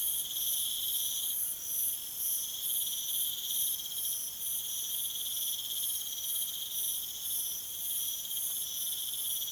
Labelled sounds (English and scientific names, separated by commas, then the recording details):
none
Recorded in pastures near Puerto Asís, Putumayo, Colombia, on 19 June 2025 at 22:00
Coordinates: 0.487, -76.322
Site H26